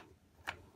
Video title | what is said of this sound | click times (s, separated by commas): Mattel – Masters Of The Universe Origins Land Shark Vehicle Review | and that's going to be one snap | 0.5 s